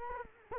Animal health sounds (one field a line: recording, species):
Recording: mosquito wingbeat signal from an infrared sensor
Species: Culex quinquefasciatus